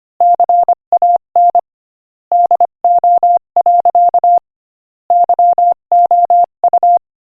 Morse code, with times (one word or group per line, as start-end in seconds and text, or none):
0.2-1.6 CAN
2.3-4.4 DO.
5.1-7.0 YOU